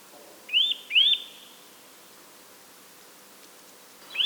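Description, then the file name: Eurasian nuthatch with two quick ringing upswept whistles, then a pause before a third begins at the end. "Sitta europaea"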